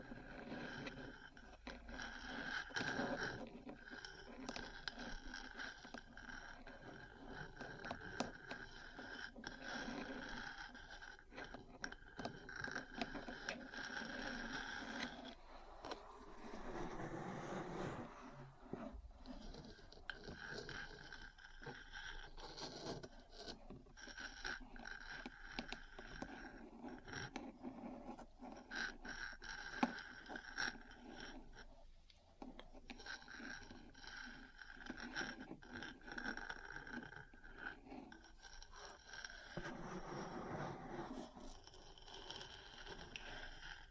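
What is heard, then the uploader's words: Metal parts tap and scratch in a dense, busy clatter, with a rougher scraping swell around seventeen seconds and again near forty. ASMR 3Dio Metal Parts Tapping & Scratching for Sleep and Relaxation (No Talking).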